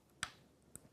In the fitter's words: So you hear it snap, it's in there.